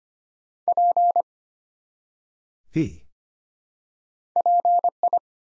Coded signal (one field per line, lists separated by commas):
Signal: Morse code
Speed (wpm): 25 wpm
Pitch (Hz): 700 Hz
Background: none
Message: P PI